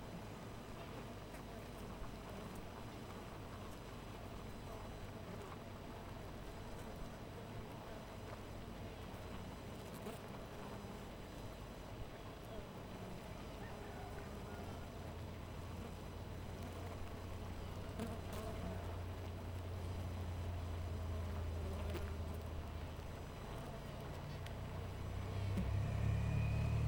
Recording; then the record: honeybee colony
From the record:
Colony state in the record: missing queen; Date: 14 July 2017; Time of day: 4:30